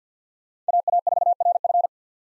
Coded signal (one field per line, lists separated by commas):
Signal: Morse code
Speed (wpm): 45 wpm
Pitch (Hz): 700 Hz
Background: none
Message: AA4RF